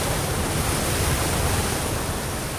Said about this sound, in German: Wir haben Gegenwind, wir können keine Segel setzen, wir nehmen jede Welle mit, wir fahren berghoch, bergunter, aber können nicht segeln.